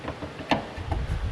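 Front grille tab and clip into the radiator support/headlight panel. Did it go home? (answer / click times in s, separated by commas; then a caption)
yes / 0.5 s. The front grille of a 2003-2023 Chevy Express van is fitted with its tab going into a hole, then pushed until its clips snap into the radiator support/headlight panel. A sharp snap is heard at 0.5 s, followed by a fainter tick at 0.9 s over low background rumble. The grille clip is seated.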